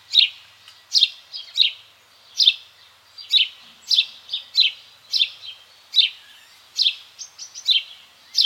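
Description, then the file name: House sparrow giving a steady series of sharp chirps, roughly one or two per second, each note brief and emphatic, with light background noise. "Passer domesticus"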